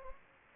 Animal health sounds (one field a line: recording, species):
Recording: mosquito wingbeat signal from an infrared sensor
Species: Anopheles gambiae